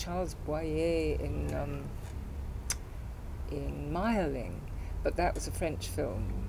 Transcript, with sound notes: And Charles Boyer in erm. [clicks tongue] In Mayerling. But that was a French film.